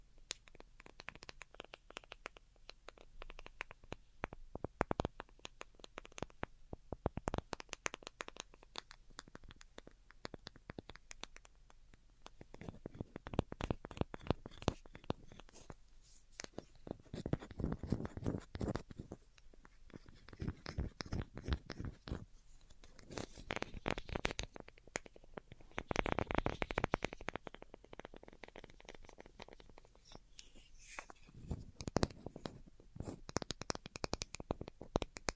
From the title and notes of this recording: ASMR DELICATE Tapping for Sleep (No Talking).